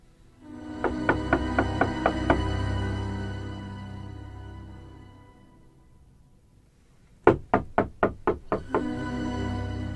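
A rapid series of six or seven sharp knocks on a door, then a pause and another louder burst of about seven knocks, with a low steady hum underneath.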